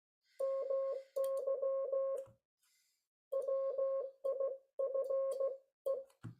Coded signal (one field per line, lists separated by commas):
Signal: Morse code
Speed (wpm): 16 wpm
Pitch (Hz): 540 Hz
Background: none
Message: MY WIFE